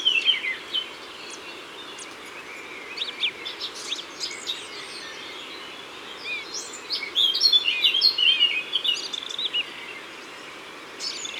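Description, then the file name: Eurasian blackcap singing in bursts of jumbled, rapid warbling, with brief pauses between phrases and a faint background hiss throughout. Recorded in Isère. "Fauvette-a-tete-noire-Concerts-naturels-de-l Isere-Studio-Les-Trois-Becs"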